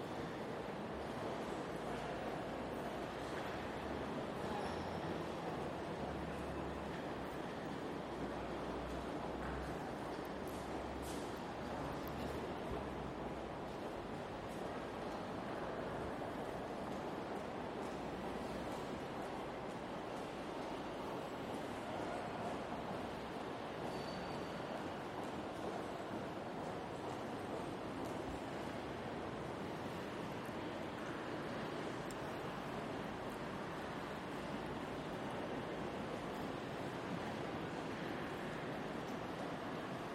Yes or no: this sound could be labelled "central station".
yes